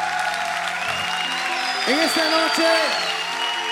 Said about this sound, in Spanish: ¿Cuántos le podemos dar una ovación de palmas al Rey?